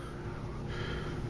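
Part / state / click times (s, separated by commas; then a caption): bearing shield into skateboard bearing / not seated / none. A bearing shield, metal or rubber, is handled at a cleaned and oiled skateboard bearing, about to be pressed back into the bearing race. Only a low, steady, breathy rumble is heard, with no sharp hits. Nothing has snapped in or seated yet.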